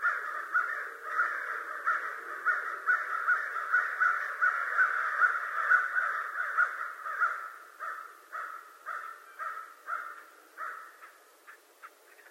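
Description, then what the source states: American crow cawing in a loud continuous flock chorus that breaks into spaced, rhythmic caws before tailing off. Recorded 25 November 2011.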